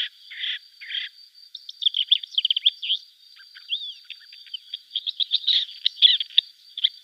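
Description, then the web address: Lesser grey shrike song: a varied, scratchy chatter of quick chirps, short rising notes and harsh bursts, with a steady thin high whine running underneath. "Schulze Peter Lesser Grey Shrike"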